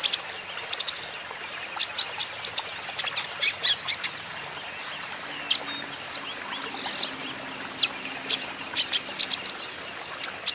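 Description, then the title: Van Hasselt's sunbird song: a dense run of sharp, very high chirps and thin twitters, coming in quick bursts with short gaps throughout. Green-phase ('ijoan') kolibri ninja (konin) singing persistently ('gacor'); used as a lure and therapy to make caged konin answer. "KOLIBRI NINJA KONIN IJOAN GACOR COCOK UNTUK PANCINGAN TERAPI KONIN BAHAN PASTI NYAUT"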